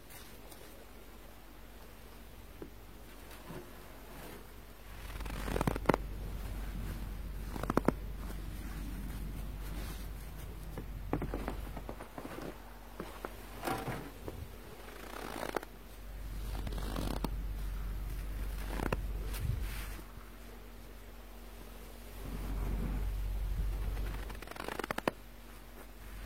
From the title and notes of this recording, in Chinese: 还记得雪的声音吗？｜白噪音。